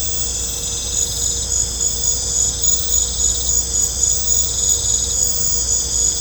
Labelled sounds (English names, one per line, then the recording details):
none
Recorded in pastures near Puerto Asís, Putumayo, Colombia, on 16 December 2024 at 20:00
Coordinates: 0.502, -76.324
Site G077